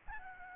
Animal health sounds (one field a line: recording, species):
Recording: mosquito wingbeat signal from an infrared sensor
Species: Aedes albopictus